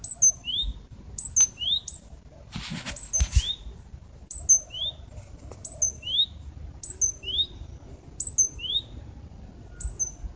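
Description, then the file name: Great tit repeating a high note and a lower rising note about once a second, with a brief rustling burst partway through and steady low background noise. "Parus major"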